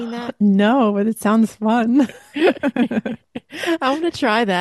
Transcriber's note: laughs